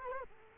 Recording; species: mosquito wingbeat signal from an infrared sensor; Culex quinquefasciatus